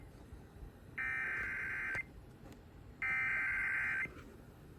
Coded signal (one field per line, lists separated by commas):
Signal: Emergency Alert System (SAME) tones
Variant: header bursts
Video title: Severe Thunderstorm Warning on WYMY-FM || EAS 926 || 6-3-23